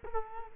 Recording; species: mosquito wingbeat signal from an infrared sensor; Culex quinquefasciatus